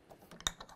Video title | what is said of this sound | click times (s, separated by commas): Area 419 Orange Vise Maintenance and Barrel Change Jaw Kit | and it just clicks right into place and they actually click into the storage tray as well you can see that | 0.5 s